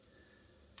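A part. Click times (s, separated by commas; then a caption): 0.8 s. A camera's quick-release plate is pushed into a holster clip mounted on a strap, with a low, steady background hum throughout. At 0.8 s a short, sharp click is heard as the plate seats in the holster.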